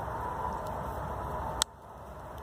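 A stick presses down the pan of a set foothold trap in snow until the pan latch (dog) catches. A single sharp click sounds at 1.6 s over a steady background hiss, which drops slightly afterward. The trap is left seated in its set position.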